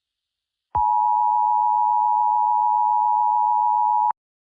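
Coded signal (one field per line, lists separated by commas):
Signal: Emergency Alert System (SAME) tones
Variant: 853 and 960 Hz attention tone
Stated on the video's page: Fictional alert scenario.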